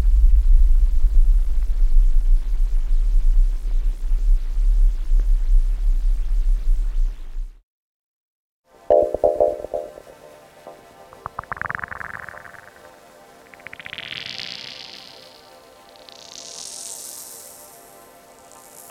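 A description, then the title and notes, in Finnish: A sound composition built from melting snow opens with a dense, steady low rumble for about seven seconds, then drops into a second of silence. After the pause, soft glowing tones rise step by step from mid-pitch to very high, airy washes, swelling and fading in slow waves. Lumen sulamisen äänistä koostuva radiofonia. Teoksen päämateriaalina on yhtenä ottona tehty kolmetuntinen äänitys, jossa lumeen upotettu hydrofoni (vedenalainen mikrofoni) tallentaa lumen hidasta sulamista ämpärissä huoneenlämmössä. Lumen sulaminen ämpärissä oli äänellisesti hyvin hiljaista.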